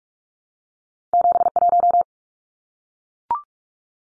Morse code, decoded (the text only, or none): 71